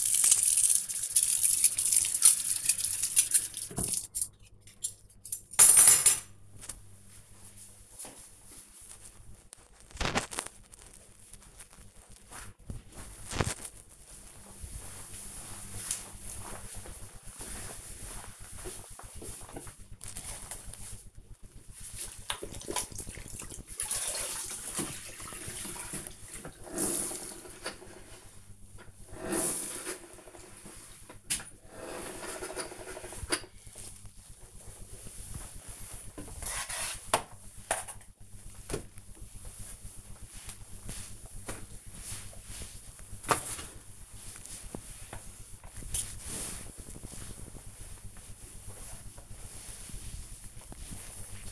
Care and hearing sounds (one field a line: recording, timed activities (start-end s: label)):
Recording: household activities, microphone on the right wrist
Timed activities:
0.00-4.63 s: washing dishes
19.72-51.51 s: floor cleaning